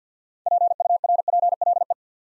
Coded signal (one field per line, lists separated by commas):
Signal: Morse code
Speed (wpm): 50 wpm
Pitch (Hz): 700 Hz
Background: none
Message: PURPLE